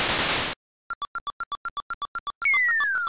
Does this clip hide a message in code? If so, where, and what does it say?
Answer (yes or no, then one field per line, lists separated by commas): no